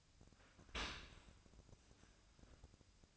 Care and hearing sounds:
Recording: daily activity, microphone in the room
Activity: open dishwasher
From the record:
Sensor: 2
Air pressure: 1002.9 hPa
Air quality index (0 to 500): 198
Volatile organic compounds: 6 ppm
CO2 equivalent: 1876 ppm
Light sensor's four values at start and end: 15/36/15/17 and 15/36/15/17

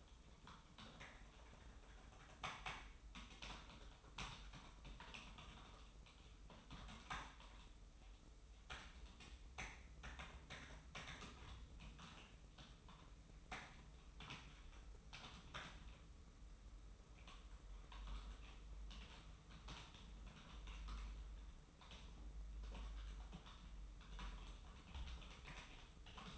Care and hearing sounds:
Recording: daily activity, microphone in the room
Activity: typing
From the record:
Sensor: 1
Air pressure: 991.0 hPa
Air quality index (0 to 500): 126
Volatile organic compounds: 290 ppm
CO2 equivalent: 4458 ppm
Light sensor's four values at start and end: 23/56/23/26 and 23/55/23/25

